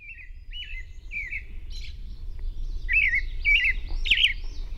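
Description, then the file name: European robin song: a series of sweet slurred whistles that grow louder and busier toward the end, over a noticeable low-pitched background hum. Recorded at dawn on 21 June 2001. "2001-06-21 Robin Dawn"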